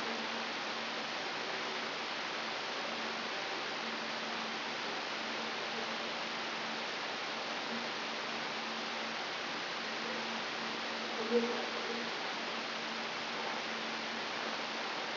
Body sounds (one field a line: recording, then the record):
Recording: brain microelectrode recording played as sound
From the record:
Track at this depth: inside the subthalamic nucleus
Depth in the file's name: 6.333 mm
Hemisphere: right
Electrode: 3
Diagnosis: Parkinson's disease